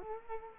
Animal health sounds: mosquito wingbeat signal from an infrared sensor; Culex quinquefasciatus

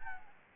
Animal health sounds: mosquito wingbeat signal from an infrared sensor; Anopheles gambiae

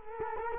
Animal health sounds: mosquito wingbeat signal from an infrared sensor; Culex quinquefasciatus

